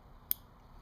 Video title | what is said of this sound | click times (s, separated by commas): ninja1000 / Z1000 fender eliminator Install and brake flasher upgrade | and that snap Ms into place and you just tuck it away | 0.3 s